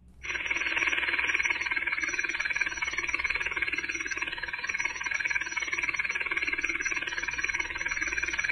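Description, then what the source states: Common field grasshopper song: a continuous, rapidly pulsing buzz held steady for about eight seconds. Likened to the sound of a lawnmower or a helicopter.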